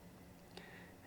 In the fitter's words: I'm going to bring this back around and click